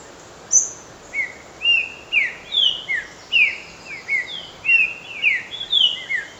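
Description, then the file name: Lesser Antillean saltator singing a steady stream of bright whistled notes, mostly slurring downward, delivered about twice a second with little pause throughout. "Lesser Antillean Saltator Saltator albicollis"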